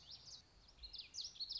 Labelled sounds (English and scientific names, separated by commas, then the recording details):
Common Yellowthroat (Geothlypis trichas)
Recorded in Sonoma County, California